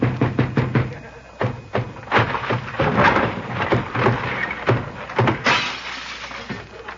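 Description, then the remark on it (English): A door is being broken down: a quick run of heavy thuds, then a long, loud stretch of crashing and splintering wood that fades into scattered clatter. “Break down the door.”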